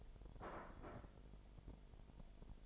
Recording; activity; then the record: daily activity, microphone in the room; place plate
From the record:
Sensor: 5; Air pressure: 1002.1 hPa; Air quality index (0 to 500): 224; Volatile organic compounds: 28 ppm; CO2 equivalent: 2909 ppm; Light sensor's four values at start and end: 10/24/10/11 and 10/24/10/11